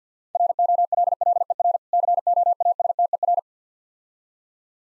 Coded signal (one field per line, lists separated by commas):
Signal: Morse code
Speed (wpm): 51 wpm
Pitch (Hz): 700 Hz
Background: none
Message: ROLLER COASTER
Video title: Easy Words - Speed-Racing with Hints - 50wpm